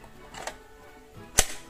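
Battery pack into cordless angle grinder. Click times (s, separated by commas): 1.4 s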